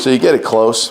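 Someone talks while snugging the folding-handle knob close on a PowerSmart 21-inch 140cc gas push lawn mower (B8621P, B&S E550 engine), just before the cam-lock lever is flipped to lock the handle section. The handle folds this way so the mower takes up very little space in storage. Nothing has seated or clicked yet; the lever is not yet locked.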